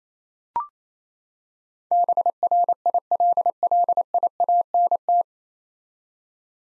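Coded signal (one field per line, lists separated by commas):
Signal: Morse code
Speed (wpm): 28 wpm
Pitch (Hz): 700 Hz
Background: none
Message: BRILLIANT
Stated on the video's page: Morse head-copy drill of nine-letter words at 28 wpm, each word sent, spoken, then sent again.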